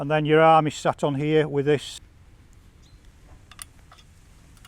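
Someone talks for the first two seconds while the metal arm of a carcass-hanging frame is being handled toward its mount on an ATV tow-hitch bracket. Quiet handling noise follows, with a couple of faint, brief ticks near 3.5 and 3.6 seconds. The arm has not yet locked into its mount, and nothing has seated or clicked by the end of the clip.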